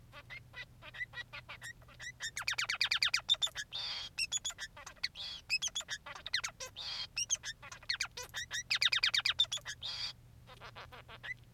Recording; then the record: song of a male Bengalese finch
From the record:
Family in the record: son of father 3